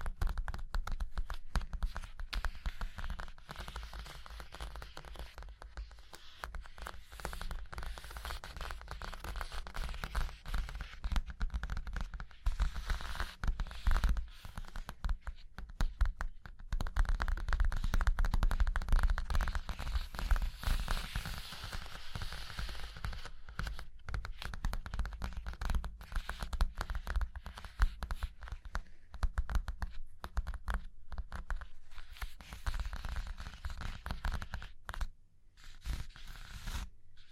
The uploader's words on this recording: ASMR Hypnotic Surface Tapping, Scratching, Tracing Sounds (No Talking).